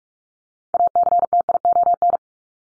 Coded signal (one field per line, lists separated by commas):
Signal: Morse code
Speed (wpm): 44 wpm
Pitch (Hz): 700 Hz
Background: none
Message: ACTION